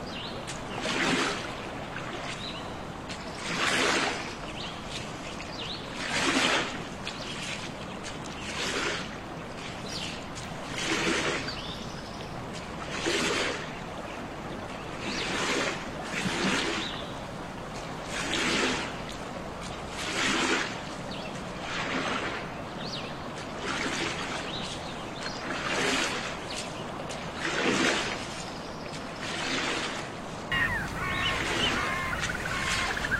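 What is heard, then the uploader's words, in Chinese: Natural ambient noise: a steady hiss with rushing, wave-like surges swelling roughly every two seconds, bright and regular throughout the recording. 真实录制的大自然白噪音氛围。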